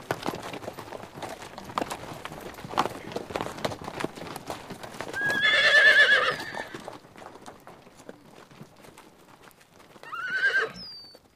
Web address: horse